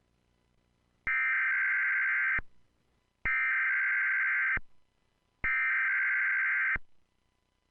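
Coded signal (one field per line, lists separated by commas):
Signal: Emergency Alert System (SAME) tones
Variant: header bursts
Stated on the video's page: Recreation of a tornado warning relayed by an AM radio station, using real EAS tones.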